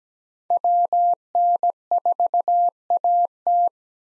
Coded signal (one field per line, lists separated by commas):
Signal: Morse code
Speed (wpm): 17 wpm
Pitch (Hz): 700 Hz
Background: none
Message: WN4AT